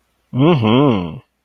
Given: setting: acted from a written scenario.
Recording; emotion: vocal sound without words; pride